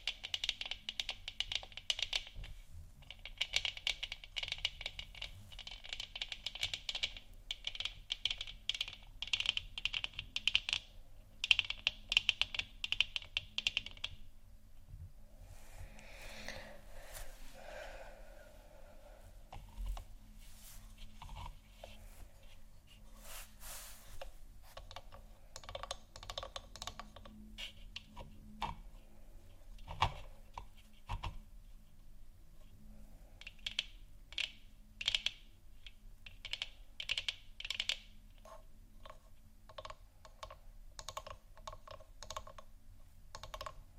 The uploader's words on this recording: ASMR Moon Scratching & Tapping For Sleep（No Talking）.